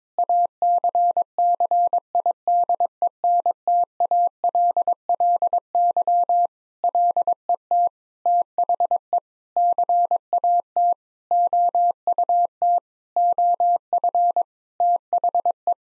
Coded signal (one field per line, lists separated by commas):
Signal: Morse code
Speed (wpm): 22 wpm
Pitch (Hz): 700 Hz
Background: none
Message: ACCIDENTALLY LET THE CAT OUT OF THE